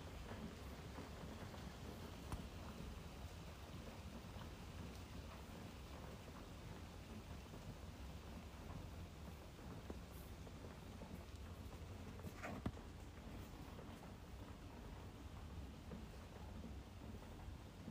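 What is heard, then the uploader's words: Soft night rain patters steadily on a rooftop, a dense, even hiss of small drops with a low rumbling undertone. A few slightly sharper taps stand out, notably around ten and twelve seconds, but the level stays constant throughout. Night rain on the rooftop. A gentle soft pitter patter of midnight rain falling on the rooftop.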